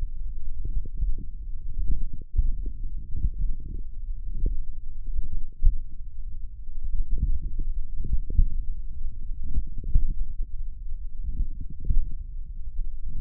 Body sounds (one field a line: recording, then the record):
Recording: forearm muscle sounds (acoustic myography)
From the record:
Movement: tripod grip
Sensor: system 1, eight BSWA MPA416 microphones around the upper forearm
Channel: 8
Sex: male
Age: 42 years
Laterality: right